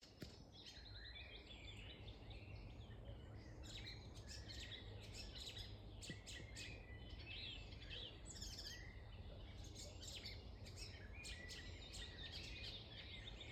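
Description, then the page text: Icterine warbler delivering a long, restless song of harsh squawky notes, clicks and high chirps in rapid, ever-changing sequence, with steady low-pitched noise underneath. One singing male in breeding season, Beverīna municipality, Latvia, 30 May 2025, 15:03. "Icterine Warbler, Hippolais icterina Observation time 30-May-2025 plkst. 15:03 Administratīvā teritorija Beverīnas novads Count 1 Status Singing male in breeding season"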